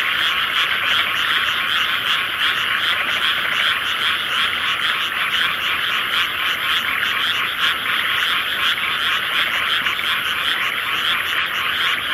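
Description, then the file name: Frogs in a dense, unbroken chorus of overlapping croaks and trills, a steady pulsing wall of sound with many callers at once and no other clear sounds. "various frogs"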